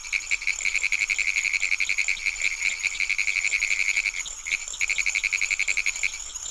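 Pine woods treefrog calling in long runs of rapid, rattling clicks, a steady train broken by a couple of short pauses.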